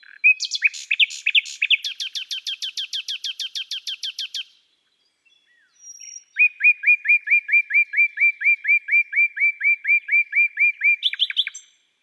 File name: Rossignol philomele Chants doiseaux des bois et des forets